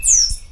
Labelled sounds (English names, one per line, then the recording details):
Stitchbird song
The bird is a male
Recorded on Tiritiri Matangi Island, New Zealand, in 2005
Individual 7, of nest box 9